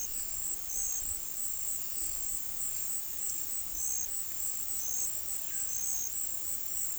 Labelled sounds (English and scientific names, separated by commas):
none